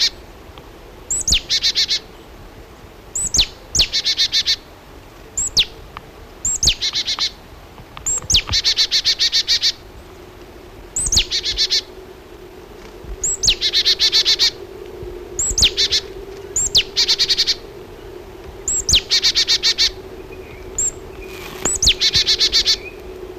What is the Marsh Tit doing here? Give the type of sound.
call